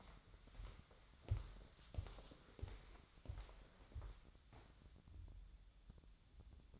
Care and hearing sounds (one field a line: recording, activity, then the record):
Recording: daily activity, microphone in the room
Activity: walk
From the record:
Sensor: 3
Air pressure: 1015.3 hPa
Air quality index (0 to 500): 122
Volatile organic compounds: 5 ppm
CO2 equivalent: 1718 ppm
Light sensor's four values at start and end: 16/42/17/18 and 17/44/18/19